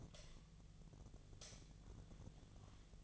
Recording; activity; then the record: daily activity, microphone in the room; light on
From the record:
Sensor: 4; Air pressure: 1010.6 hPa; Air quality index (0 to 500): 175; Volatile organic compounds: 5 ppm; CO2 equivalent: 1775 ppm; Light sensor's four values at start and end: 36/104/41/41 and 36/105/41/42